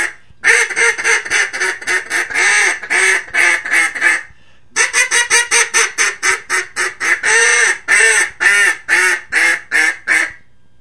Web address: Duck -Mallard